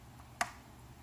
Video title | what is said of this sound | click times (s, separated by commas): How to clean a dirty phone charging port | can hear it snap into place and now it's just as secure as it ever was and | 0.4 s